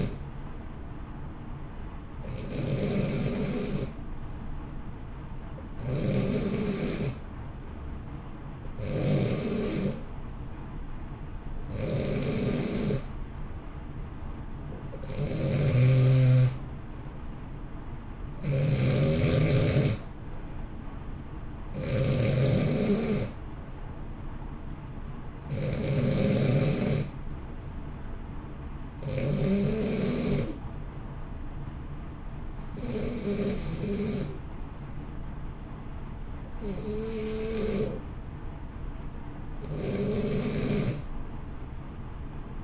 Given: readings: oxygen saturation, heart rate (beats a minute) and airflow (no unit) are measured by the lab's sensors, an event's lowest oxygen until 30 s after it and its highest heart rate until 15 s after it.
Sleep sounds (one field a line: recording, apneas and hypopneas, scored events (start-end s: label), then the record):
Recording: breathing in sleep by a smartphone at the bedside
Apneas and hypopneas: 1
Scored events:
6.00-18.70 s: hypopnea (N2, oxygen 92% highest, then 89% lowest, heart rate 60 at the start, 62 highest)
From the record:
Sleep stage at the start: N2 (light sleep)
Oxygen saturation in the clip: 89 to 92%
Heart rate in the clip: 56 to 62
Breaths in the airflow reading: 12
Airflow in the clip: -0.9 to 1.2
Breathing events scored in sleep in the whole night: 328 in 6.3 hours asleep